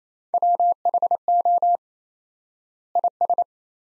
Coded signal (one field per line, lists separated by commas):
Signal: Morse code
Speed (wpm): 27 wpm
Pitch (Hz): 700 Hz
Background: none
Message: WHO IS